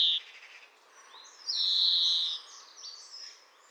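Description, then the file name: European greenfinch giving a short note, then a sustained, buzzy wheeze lasting almost a second, followed by faint twittering. "Chloris chloris"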